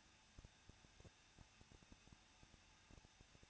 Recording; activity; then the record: daily activity, microphone in the room; no activity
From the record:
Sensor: 2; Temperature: 21.0 degrees Celsius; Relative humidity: 37.5%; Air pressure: 1006.3 hPa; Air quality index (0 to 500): 223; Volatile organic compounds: 25 ppm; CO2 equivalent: 2837 ppm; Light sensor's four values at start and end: 2/3/2/2 and 2/3/2/2